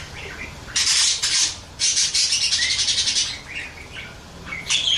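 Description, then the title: Oriental magpie-robin singing harsh, rasping bursts broken by brief clear whistles, with loud scratchy phrases for most. Champion bird singing intensely (gacor); bird-training (masteran) recording. "Kacer Juara Gacor"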